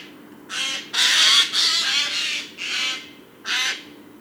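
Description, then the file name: Eurasian jay giving harsh, rasping screeches, several loud grating calls in about four seconds, with short pauses between. "Garrulus glandarius"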